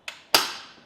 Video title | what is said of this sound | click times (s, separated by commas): Installation Guide for the RockyMounts GuideRail Bike Rack for 2 Bikes on a 2023 Nissan Murano | until until clicks into place | 0.4 s